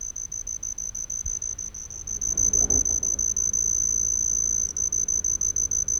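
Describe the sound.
Homoeoxipha lycoides cricket singing a steady high-pitched trill, broken by short regular gaps at the start and toward the end, with a low rumble swelling briefly in the middle.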